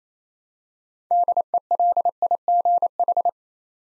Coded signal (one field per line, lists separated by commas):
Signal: Morse code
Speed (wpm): 28 wpm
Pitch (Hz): 700 Hz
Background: none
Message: DELIGH